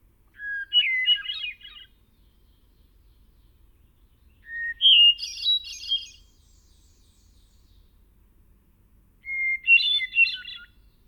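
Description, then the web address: Hermit thrush song: three separate phrases, each opening on a clear held whistle and breaking into a higher, fluty, tumbling flourish, with pauses of several seconds between them. "Songs of Birds of North America Know Your Bird Sounds Common Western Species. Hermit Thrush"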